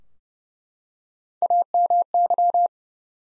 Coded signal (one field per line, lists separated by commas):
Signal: Morse code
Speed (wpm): 30 wpm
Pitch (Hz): 700 Hz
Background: none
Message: AMY